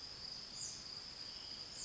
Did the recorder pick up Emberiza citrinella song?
no